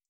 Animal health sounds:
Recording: hydrophone in a shrimp aquaculture tank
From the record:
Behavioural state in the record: starved

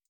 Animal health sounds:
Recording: hydrophone in a shrimp aquaculture tank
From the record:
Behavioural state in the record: feeding

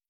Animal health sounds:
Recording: hydrophone in a shrimp aquaculture tank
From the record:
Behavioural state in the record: feeding

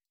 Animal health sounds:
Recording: hydrophone in a shrimp aquaculture tank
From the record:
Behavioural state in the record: stressed

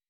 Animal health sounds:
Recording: hydrophone in a shrimp aquaculture tank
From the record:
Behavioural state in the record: weakened

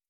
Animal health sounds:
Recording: hydrophone in a shrimp aquaculture tank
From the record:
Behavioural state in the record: starved

